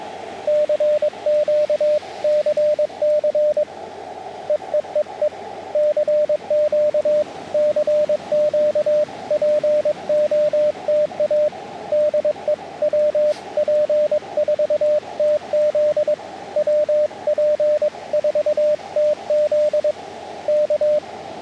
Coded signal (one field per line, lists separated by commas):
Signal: Morse code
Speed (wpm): 22 wpm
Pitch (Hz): 590 Hz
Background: radio noise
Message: CQ CC EEEE CQ CQ POTA DE WP4TZ WP4TZ K